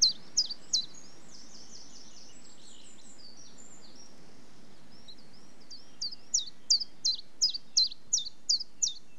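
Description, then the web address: Chiffchaff song: thin, high notes repeated in a steady chiff-chaff rhythm, pausing midway while softer twittering continues, then resuming, over light wind noise. Slightly windy day; British birds collection. "Complete 60 CDs Collection Sound Effects Library. Chiffchaff"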